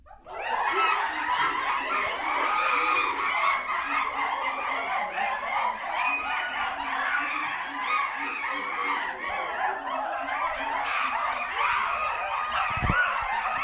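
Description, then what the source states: Chimpanzees giving agitated calls, a dense overlapping chorus of hoarse calls that runs nearly continuously with no quiet gaps. Several chimpanzees, described as mad.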